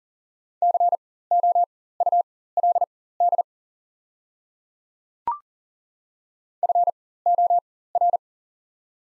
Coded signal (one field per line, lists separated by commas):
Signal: Morse code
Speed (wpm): 38 wpm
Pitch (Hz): 700 Hz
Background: none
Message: COULD FOR